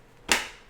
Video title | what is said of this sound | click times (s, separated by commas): E-flite EC-1500 Chat | you'll hear it click and that puts the elevator back on so you can actually just | 0.3 s